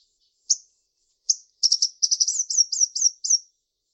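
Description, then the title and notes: Bird song: two separate high chirps, then a fast run of notes and a series of downslurred notes. "Bird Sound. Kicau Burung Lengkap"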